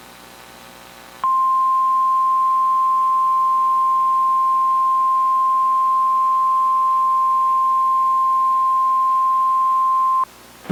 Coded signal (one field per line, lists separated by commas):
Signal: Emergency Alert System (SAME) tones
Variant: 1050 Hz attention tone